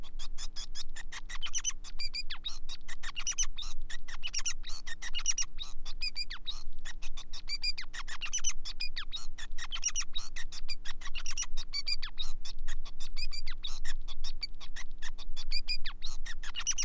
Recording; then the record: song of a male Bengalese finch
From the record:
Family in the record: son of father 5